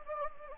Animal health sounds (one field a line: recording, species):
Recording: mosquito wingbeat signal from an infrared sensor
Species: Anopheles gambiae